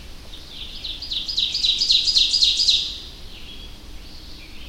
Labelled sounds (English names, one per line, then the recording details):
Ovenbird song
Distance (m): 10 m
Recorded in boreal forest in Alberta, Canada, on 25 June 2016 at 05:25
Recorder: SongMeter 3, array SBT-6-76
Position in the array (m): 28 m, 105 m
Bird 2